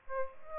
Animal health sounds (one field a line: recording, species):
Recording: mosquito wingbeat signal from an infrared sensor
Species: Aedes albopictus